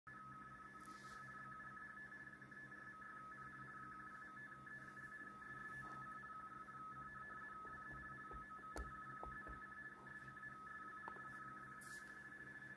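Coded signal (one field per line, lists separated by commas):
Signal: RTTY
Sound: steady warbling two-tone teletype chatter over hiss, with occasional clicks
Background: radio static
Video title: XIEGU X6100 - R1CBU Soft in RTTY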